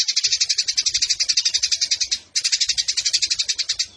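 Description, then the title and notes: Eurasian tree sparrow giving a dense, rapid, buzzy chatter of harsh chirps, broken by one short pause midway, then resuming at the same fast pace. Fighting sparrow with long rapid-fire 'nembak panjang' delivery and clear voice, used to train birds for song competitions. "GEREJA TARUNG NEMBAK PANJANG SUARA JERNIH MASTERAN WAJIB BURUNG LOMBA. Burung Gereja"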